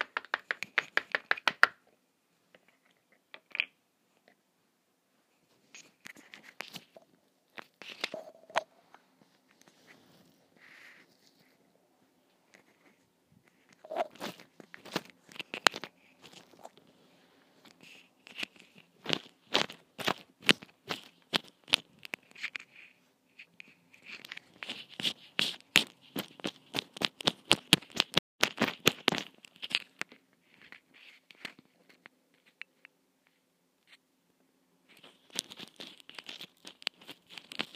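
Long nails scratch and tap against a mic amid squelchy slime sounds, with irregular clicky bursts, dense rapid runs around 15–30 seconds.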